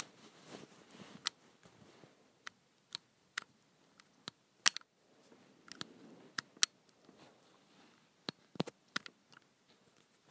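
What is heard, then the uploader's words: Hard plastic charging blocks are tossed and knock together in sharp, bright clacks that come irregularly, about two every second, with a few louder hits near the middle and end. Between them comes a soft low shuffling and rattling. ASMR Tossing my Charging Blocks.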